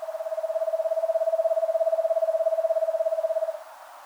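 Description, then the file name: Eastern screech owl monotone trill. Quick, regular pulses hold one pitch, building slightly in strength over three and a half seconds before stopping abruptly. "Eastern Screech Owl Megascops asio"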